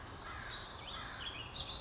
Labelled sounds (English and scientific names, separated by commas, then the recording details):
Western Flycatcher (Empidonax difficilis)
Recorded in Sonoma County, California